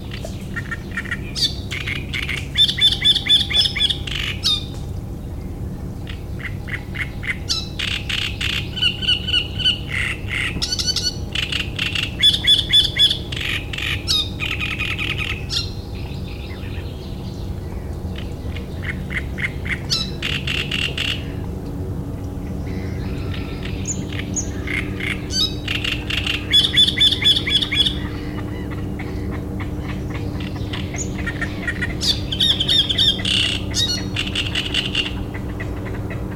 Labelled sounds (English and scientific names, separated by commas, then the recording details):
Great Reed Warbler (Acrocephalus arundinaceus)
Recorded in the wild
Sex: male
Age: adult
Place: Müggelsee, Berlin, DE
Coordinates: 52.43, 13.64
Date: 1991-06-07
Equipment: Uher 4400 Report Monitor, Sennheiser ME 80, K 30 AV
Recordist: Fischer, Stefan
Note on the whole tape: Bestand 30, Tier M 18??: Gesang